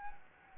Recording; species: mosquito wingbeat signal from an infrared sensor; Anopheles gambiae